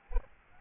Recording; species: mosquito wingbeat signal from an infrared sensor; Aedes albopictus